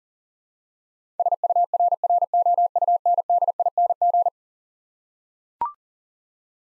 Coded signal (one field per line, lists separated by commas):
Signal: Morse code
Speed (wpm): 40 wpm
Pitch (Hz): 700 Hz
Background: none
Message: SURROUNDING